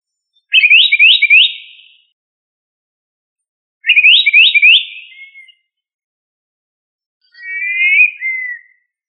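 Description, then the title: Bird giving three high, rapid trilled phrases of repeated rising-falling notes, each about one and a half seconds long, separated by silence; the last phrase lower and more sliding. "LuckyPassaros CompletosSama"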